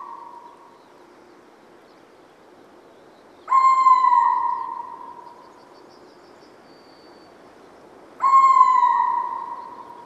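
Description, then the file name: Little owl calling: two loud, plaintive mewing notes, each sliding slightly downward, about five seconds apart, with a faint similar note at the very start. "minervauggla"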